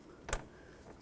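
An electrical connector is pushed onto the new vapor canister purge solenoid valve on a 2003-2021 Chevrolet Express 3500 and pressed down. A sharp, short click is heard at 0.3 s as the connector seats.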